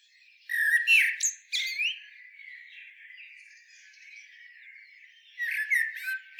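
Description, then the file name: Common blackbird singing a loud fluted phrase with sharp high notes, quieter twittering in the middle, then another warbled phrase at the end. "Turdus merula"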